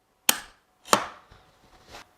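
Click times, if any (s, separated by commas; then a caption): 0.3 s. The motor unit of a Festool Domino joiner (DF500/DF700) is pushed back onto its front cutter housing after a cutter change, lined up carefully to avoid hitting the cutter. A sharp, loud click at 0.3 s shows the two halves locking together, followed by a second strong hit at 0.9 s and fainter handling knocks. The unit is seated.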